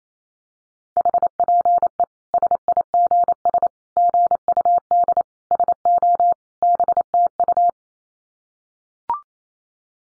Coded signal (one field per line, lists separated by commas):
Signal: Morse code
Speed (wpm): 28 wpm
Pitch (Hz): 700 Hz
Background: none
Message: HPE SIGS GUD SO BTU